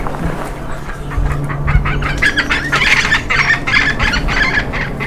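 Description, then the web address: Bird calls as a string of harsh, clucking notes repeated quickly over several seconds, above a low rumbling hum. "BIRD 2015 SABIOD 50 bird 2015"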